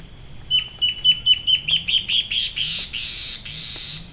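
Bird call: a series of sharp, high notes ending in a softer buzzy trill, with a steady hiss behind.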